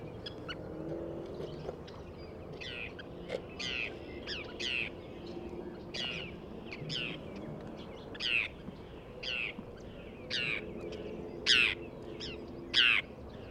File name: Forsters Tern - Sterna forsteri